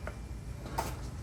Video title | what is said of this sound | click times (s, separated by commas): Upgrading My 2017 Corolla iM -- Incredible Glow Shift Oil Pressure & Oil Temp Gauges | Snaps right in like that. | 0.8 s